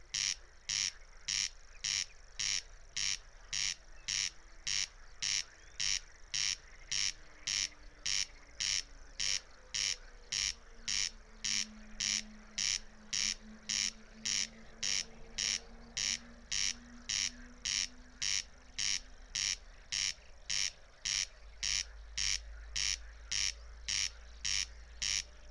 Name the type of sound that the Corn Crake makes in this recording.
song